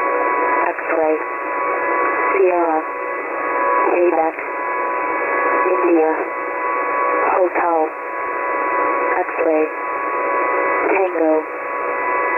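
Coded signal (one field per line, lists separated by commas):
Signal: coded military voice message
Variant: HFGCS Emergency Action Message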